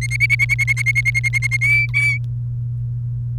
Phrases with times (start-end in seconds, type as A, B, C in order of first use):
0.01-1.57 A, 1.61-2.18 B